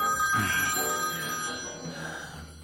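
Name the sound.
mobile phone ringing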